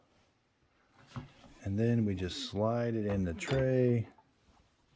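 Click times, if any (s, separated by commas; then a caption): none. Someone talks while a plastic milk carafe is slid along its tray toward the dock of a DeLonghi Nespresso Lattissima Plus espresso machine, where it should click and light up the buttons once fully in. Nothing has seated or clicked yet.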